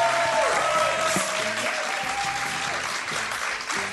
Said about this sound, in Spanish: Bueno, no iba con sintonía, pero ha quedado igual de bien. Muchas gracias a todos por vuestros aplausos.